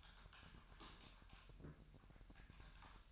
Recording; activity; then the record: daily activity, microphone in the room; typing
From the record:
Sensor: 2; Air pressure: 1001.9 hPa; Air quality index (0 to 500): 248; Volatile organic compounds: 39 ppm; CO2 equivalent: 3129 ppm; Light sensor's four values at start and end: 11/36/13/14 and 11/36/13/14